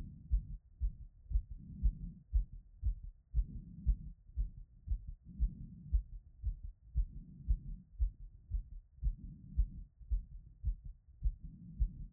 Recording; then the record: heart sounds by stethoscope after running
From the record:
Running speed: 6 mph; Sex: female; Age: 30 to 39 years